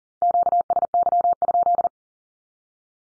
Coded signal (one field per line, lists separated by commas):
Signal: Morse code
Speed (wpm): 42 wpm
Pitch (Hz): 700 Hz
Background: none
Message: QSY?